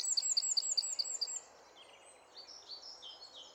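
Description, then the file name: Eurasian wren giving a rapid series of loud, sharp high notes for over a second, followed by softer thin trilling phrases. "Troglodytes troglodytes"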